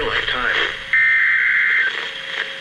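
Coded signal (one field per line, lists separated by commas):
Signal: Emergency Alert System (SAME) tones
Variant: header bursts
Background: speech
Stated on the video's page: Real severe thunderstorm and flash flood warning EAS alerts, a series of captured broadcasts.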